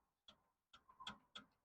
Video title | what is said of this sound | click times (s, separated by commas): 2013 VW Golf R Whiteline Rear Sway Bar/Anti Roll Bar Install Guide | So once you hear the torque wrench click like this, | 1.1 s